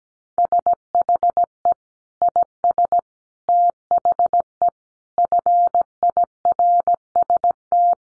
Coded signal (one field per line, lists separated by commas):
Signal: Morse code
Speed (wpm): 17 wpm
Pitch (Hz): 700 Hz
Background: none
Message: SHE IS THE FIRST